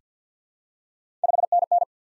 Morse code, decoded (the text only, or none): 5NN